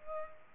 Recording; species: mosquito wingbeat signal from an infrared sensor; Culex pipiens